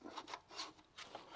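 A three-head Ensenior solar LED security flood light (1800LM, 270° wide angle, 5 motion sensor modes) is being slid onto its wall-mount bracket, with faint rubbing and scraping throughout and small taps near 0.3 s and 1.2 s. The clip ends just before the unit goes home, so nothing has seated or locked yet.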